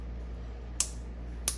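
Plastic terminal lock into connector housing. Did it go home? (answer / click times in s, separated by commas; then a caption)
yes / 0.8 s, 1.5 s. A plastic locking piece from a CE Auto Electric battery cable kit for a first-generation Cummins is clipped over the two wires in its connector housing. Two sharp clicks sound at 0.8 s and 1.5 s over a steady low hum, and the lock is seated in place.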